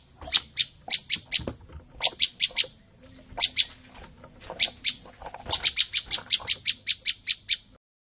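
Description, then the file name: Olive-backed tailorbird song: rapid series of piercing high chips in clusters, ending in a long fast run of about a dozen evenly spaced notes. "suara burung prenjak lumut. omkicau"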